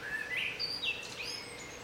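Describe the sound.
Bird song: a quick run of warbled whistles sliding up and down, over a steady low hum.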